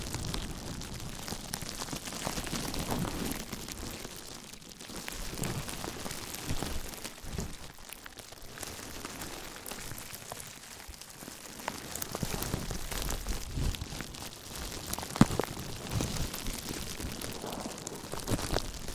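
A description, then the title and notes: Slow, gentle crinkling goes on throughout, a dense patter of soft crackles much like light rain on a surface. The texture is bright and fairly steady, with quieter dips around five to seven and ten to twelve seconds and a sharper crackle near fifteen seconds. ASMR Slow & Gentle Crinkle Triggers. (No Talking).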